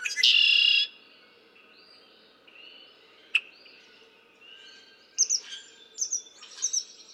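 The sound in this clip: Red-winged blackbird: a loud buzzy trill opens, then a single sharp click, later a burst of rapid chattering notes, with gentle whistles from other birds in the background.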